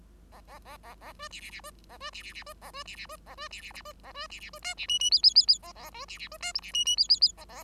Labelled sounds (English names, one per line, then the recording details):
Bengalese Finch song
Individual Bird5